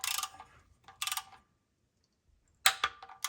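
A torque wrench set to 10 ft-lbs turns an oil filter housing fastener through an extension on a 2008 Lexus RX-350 with a Toyota 3.5L V6, making bursts of ratcheting clicks. The wrench clicks at 1.0 s, is pulled again, and clicks a second time at 2.7 s, confirming the fastener is torqued to spec.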